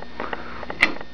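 A two-pin fluorescent tube is twisted in its plastic lamp holders. Faint scraping and small ticks, including one at 0.3 s, lead up to a sharp, bright click at 0.8 s as the tube locks into place and seats.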